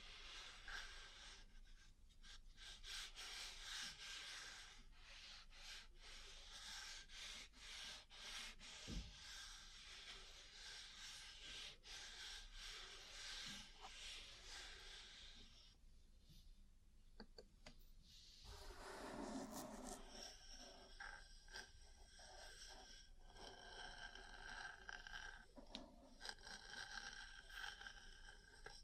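Ear cleaning and massage sounds: a dense, steady rubbing and scratching hiss fills most of the clip, with quick clicks and taps scattered throughout. Around sixteen to nineteen seconds the rubbing thins, then a brief swishing sweep returns to softer, patterned scraping.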